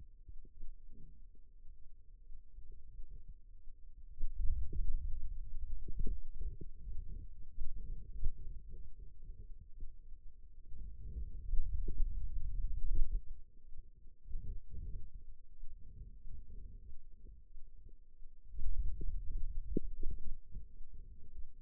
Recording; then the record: forearm muscle sounds (acoustic myography)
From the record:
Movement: hand opening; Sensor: system 2, bracelet of six BSWA MPA416 microphones around the upper forearm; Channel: 1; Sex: male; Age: 22 years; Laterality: right